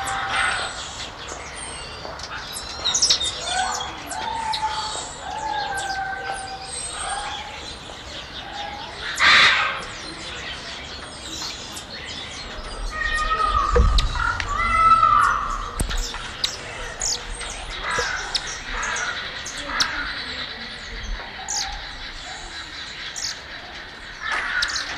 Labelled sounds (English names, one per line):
Golden-headed Lion Tamarin call